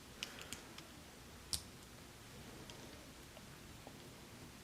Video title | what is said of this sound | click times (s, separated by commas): Soul Of Chogokin Evangelion Eva 01Renewal Ver Toy Review | damn foot card all that way all right here we go sorry about that snaps in place real | 1.5 s